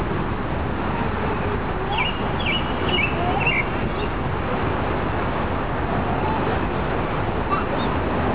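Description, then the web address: Robin song, a quick run of thin high warbled notes around two to four seconds, then a faint lone note, over a constant loud rushing of water. Recorded beside a river. "richfragrantchaos robin riverside"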